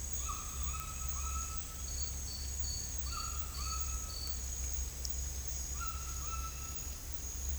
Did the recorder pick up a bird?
yes